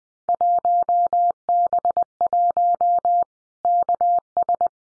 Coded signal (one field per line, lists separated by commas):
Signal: Morse code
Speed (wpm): 20 wpm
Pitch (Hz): 700 Hz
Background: none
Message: 1B1 KS